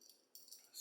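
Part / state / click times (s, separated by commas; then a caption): necklace clasp closing onto its catch / not seated / none. A metal clasp on a diamond necklace is handled while being worked toward its catch, making light metallic rattling and jingling with a sharper burst at 0.4 s and more jingling toward the end. Nothing has seated or clicked yet.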